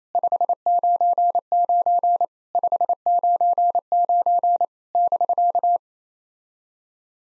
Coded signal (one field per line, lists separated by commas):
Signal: Morse code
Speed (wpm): 28 wpm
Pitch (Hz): 700 Hz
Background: none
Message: 599 599 <BK>